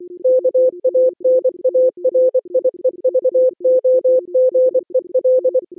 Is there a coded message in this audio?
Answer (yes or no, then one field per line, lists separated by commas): yes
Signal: Morse code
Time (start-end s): 0.2-5.6 s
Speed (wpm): 24 wpm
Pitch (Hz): 510 Hz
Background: music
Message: KANARIEVOGEL